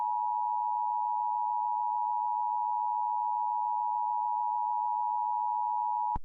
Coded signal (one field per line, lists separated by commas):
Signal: Emergency Alert System (SAME) tones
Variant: 853 and 960 Hz attention tone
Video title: EF - N I G H T M A R E (A Tornado Outbreak EAS Scenario)